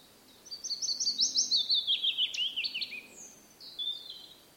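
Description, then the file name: Willow warbler delivering a gentle, falling string of sweet notes, then a brief, softer phrase after a short pause. "piecuszek Phylloscopus trochilus"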